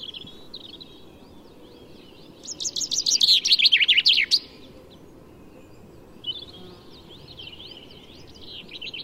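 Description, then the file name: Common chaffinch song: a loud, fast two-second run of descending notes, with softer twittering calls from birds before and after. "Fringilla coelebs"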